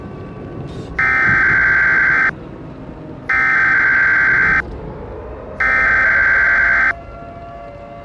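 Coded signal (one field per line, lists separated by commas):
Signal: Emergency Alert System (SAME) tones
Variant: header bursts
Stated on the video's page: Fictional EAS scenario, final part of a story series, not a real broadcast.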